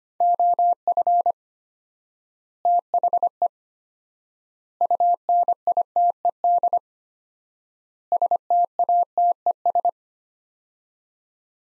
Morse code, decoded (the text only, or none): OF THE UNITED STATES